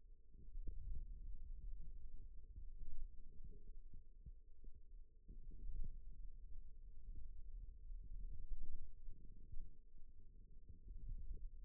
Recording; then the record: forearm muscle sounds (acoustic myography)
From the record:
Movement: radial deviation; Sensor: system 2, bracelet of six BSWA MPA416 microphones around the upper forearm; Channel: 4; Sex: male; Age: 22 years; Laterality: right